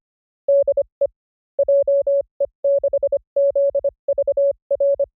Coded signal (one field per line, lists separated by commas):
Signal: Morse code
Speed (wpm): 25 wpm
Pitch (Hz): 560 Hz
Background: none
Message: DE JE6ZVR